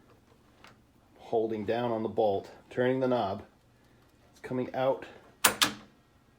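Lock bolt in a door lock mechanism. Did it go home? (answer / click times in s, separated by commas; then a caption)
no / none. Someone talks while the knob of a Hoppe door lock is turned with the metal lock bolt held down, and the bolt extends out of the door edge. Near the end, at about 5.5 s, a sharp knock is heard as the bolt snaps back into the mechanism instead of staying out. Nothing has locked or clicked into place, and the door is not locked.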